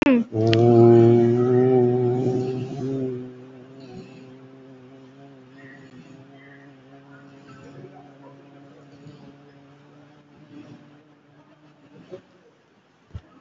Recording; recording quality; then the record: sustained vowel as in boot; moderate, slight background noise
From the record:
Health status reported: COVID-19 positive, moderate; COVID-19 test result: positive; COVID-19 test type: RT-PCR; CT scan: taken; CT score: 5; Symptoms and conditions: cough, cold, breathing difficulty, sore throat, fever, fatigue, muscle pain, loss of smell and taste, pneumonia, another condition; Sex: male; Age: 60 years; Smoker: yes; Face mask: worn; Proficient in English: yes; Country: India